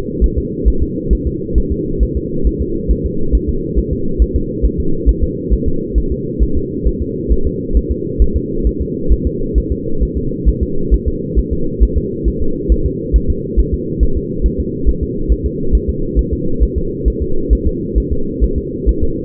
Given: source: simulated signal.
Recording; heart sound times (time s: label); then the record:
fetal heart sounds
0.24 s: S1
0.38 s: S2
0.68 s: S1
0.83 s: S2
1.13 s: S1
1.27 s: S2
1.58 s: S1
1.72 s: S2
2.03 s: S1
2.17 s: S2
2.47 s: S1
2.61 s: S2
2.91 s: S1
3.06 s: S2
3.35 s: S1
3.49 s: S2
3.79 s: S1
3.93 s: S2
4.22 s: S1
4.36 s: S2
4.66 s: S1
4.80 s: S2
5.09 s: S1
5.23 s: S2
5.53 s: S1
5.68 s: S2
5.98 s: S1
6.12 s: S2
6.43 s: S1
6.57 s: S2
6.88 s: S1
7.02 s: S2
7.32 s: S1
7.47 s: S2
7.77 s: S1
7.91 s: S2
8.22 s: S1
8.36 s: S2
8.67 s: S1
8.81 s: S2
9.12 s: S1
9.27 s: S2
9.58 s: S1
9.72 s: S2
10.03 s: S1
10.17 s: S2
10.49 s: S1
10.63 s: S2
10.94 s: S1
11.08 s: S2
11.39 s: S1
11.53 s: S2
11.83 s: S1
11.98 s: S2
12.28 s: S1
12.42 s: S2
12.72 s: S1
12.86 s: S2
13.16 s: S1
13.30 s: S2
13.59 s: S1
13.74 s: S2
14.03 s: S1
14.17 s: S2
14.46 s: S1
14.60 s: S2
14.89 s: S1
15.03 s: S2
15.32 s: S1
15.46 s: S2
15.75 s: S1
15.89 s: S2
16.19 s: S1
16.33 s: S2
16.63 s: S1
16.78 s: S2
17.08 s: S1
17.22 s: S2
17.53 s: S1
17.67 s: S2
17.98 s: S1
18.12 s: S2
18.44 s: S1
18.58 s: S2
18.89 s: S1
19.03 s: S2
From the record:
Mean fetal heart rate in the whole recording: 135 bpm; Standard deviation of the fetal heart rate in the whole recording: 3 bpm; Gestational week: 34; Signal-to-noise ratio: -8.1 dB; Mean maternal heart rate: 72 bpm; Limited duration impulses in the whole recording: absent